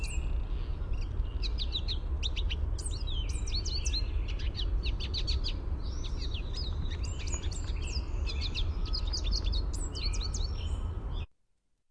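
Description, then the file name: American goldfinch contact song, continuous high twittering and chippy notes for about eleven seconds, then sudden silence, under heavy low-frequency background noise. Contact song, described as a "sweeet" note. "AMGO contact song sweeet"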